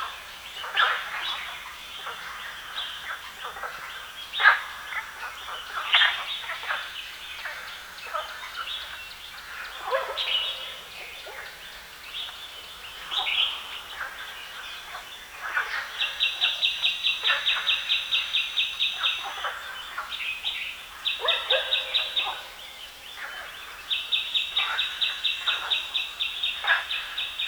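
Frogs croak in a dense, busy chorus beside a reservoir, with overlapping calls throughout and a few louder croaks around 4 to 6 seconds. From about 16 seconds, and again near 24, a fast, regular rattling trill rises above the chorus.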